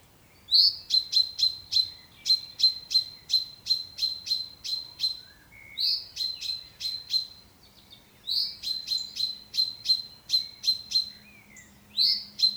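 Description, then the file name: Common chaffinch calling in short bursts, each a clear high note then a rapid series of sharp ticks, given in repeated phrases with a faint low hum behind. "Fringilla coelebs"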